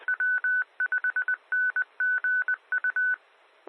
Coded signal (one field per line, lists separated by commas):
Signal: Morse code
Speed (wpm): 20 wpm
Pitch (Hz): 1500 Hz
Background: none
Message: W5NGU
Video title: 2017-04-21 - W5NGU 146.9200 MHz Denton County ARA